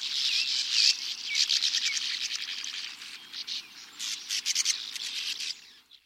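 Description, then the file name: Sand martins call in scratchy, buzzy bursts that thin into separate rasping pulses, then fade out near the end. "Uferschwalbe"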